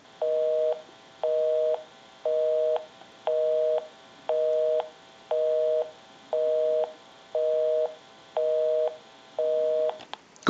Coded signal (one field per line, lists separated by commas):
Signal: telephone call progress tone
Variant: North America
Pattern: busy tone